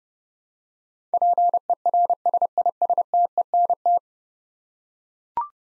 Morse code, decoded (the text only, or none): PERSISTENT